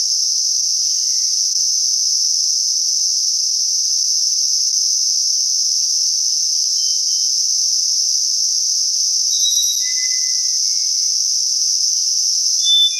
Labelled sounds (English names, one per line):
Black-faced Solitaire song